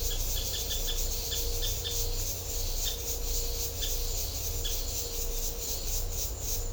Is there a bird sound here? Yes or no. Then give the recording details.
yes. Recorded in secondary vegetation near Puerto Asís, Putumayo, Colombia, on 21 December 2024 at 13:00. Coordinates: 0.500, -76.326. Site G065